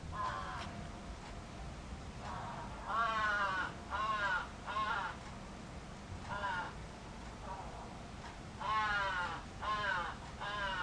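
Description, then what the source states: Crow calling with harsh, hoarse caws, single and in quick pairs, separated by pauses, over a low steady background rumble. Recorded 11 July 2011.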